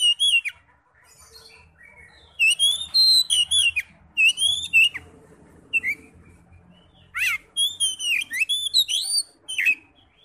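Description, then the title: Oriental magpie-robin song of rapid whistled phrases with slurred, rising and falling notes, delivered in bursts with short gaps between them. "Kacer"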